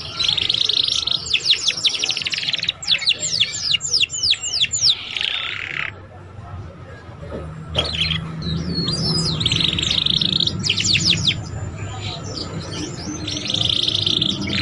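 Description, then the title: Belgian canary song: dense buzzy rolls alternating with sharp chirp series, pausing briefly midway before resuming, over a low hum. Belgian canary song played to warm up young canaries and prompt them to sing quickly and chatter. "Canto Para Esquentar Canário Belga. SUARA KENARI PAUD CUIT CUIT BELAJAR BUNYI - pancingan kenari paud muda agar cepat bunyi dan ngeriwik"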